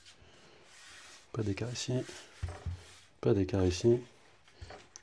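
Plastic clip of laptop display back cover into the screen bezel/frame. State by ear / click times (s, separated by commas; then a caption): seated / 5.0 s. A plastic clip of the newly fitted top display back cover on an Acer Predator Helios 300 (PH315-54-72VF) laptop is pressed into the screen bezel while the gaps around the edge are checked. Someone talks over faint rubbing, then a sharp short snap at 4.96 s, about 5.0 s, shows the clip is properly seated.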